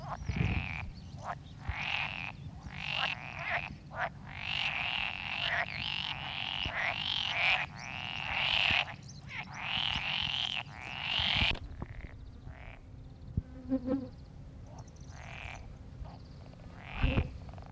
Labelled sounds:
Pool Frog (Pelophylax lessonae) call

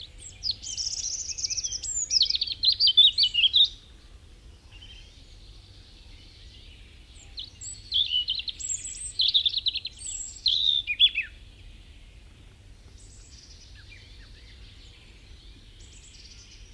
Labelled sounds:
European Robin (Erithacus rubecula) song

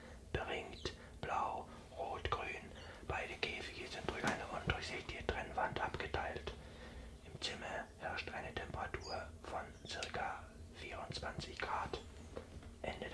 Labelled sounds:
Common Chiffchaff (Phylloscopus collybita)

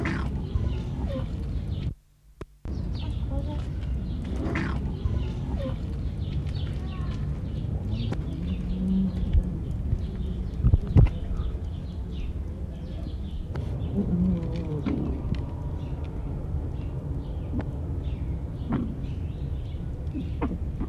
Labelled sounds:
Corsac Fox (Vulpes corsac)

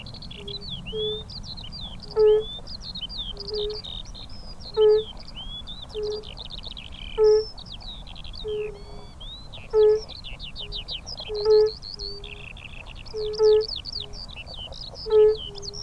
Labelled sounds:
Fire-Bellied Toad (Bombina bombina) call

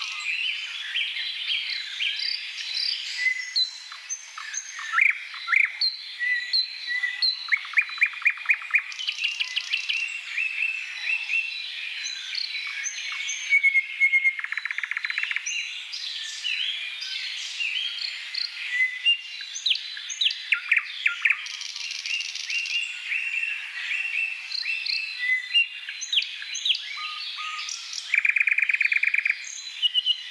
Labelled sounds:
Thrush Nightingale (Luscinia luscinia) song

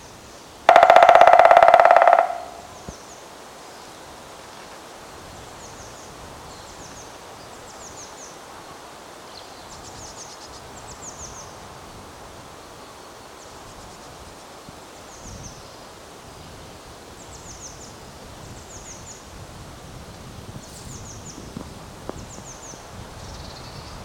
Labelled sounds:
Black Woodpecker (Dryocopus martius)

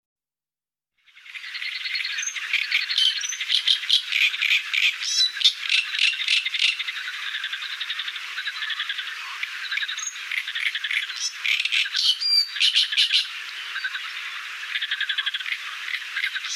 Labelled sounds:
Great Reed Warbler (Acrocephalus arundinaceus) song

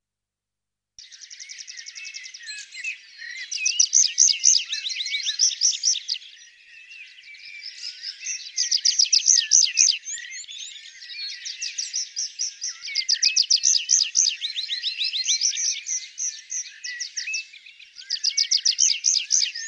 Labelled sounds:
Tree Pipit (Anthus trivialis) song

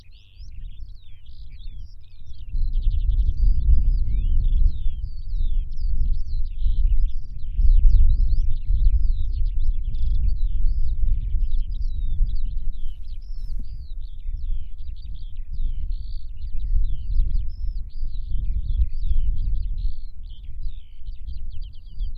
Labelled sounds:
Eurasian Skylark (Alauda arvensis) song

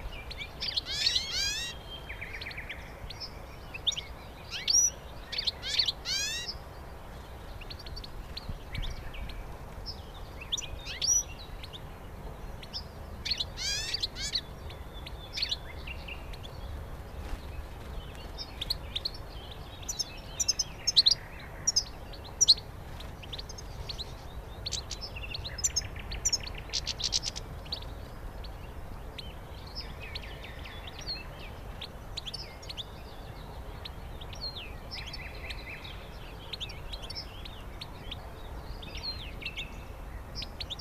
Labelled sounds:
European Goldfinch (Carduelis carduelis) song

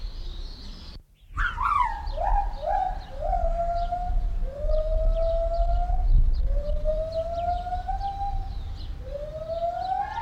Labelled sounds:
Lar Gibbon (Hylobates lar)

